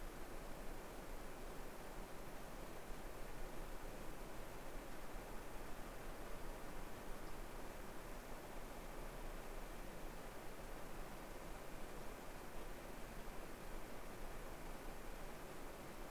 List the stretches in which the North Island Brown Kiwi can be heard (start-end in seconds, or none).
none